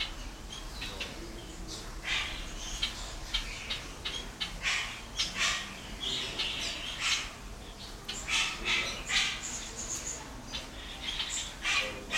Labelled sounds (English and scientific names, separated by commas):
Black-winged Starling (Acridotheres melanopterus)